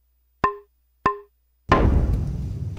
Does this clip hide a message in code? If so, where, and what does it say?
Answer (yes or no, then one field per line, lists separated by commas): no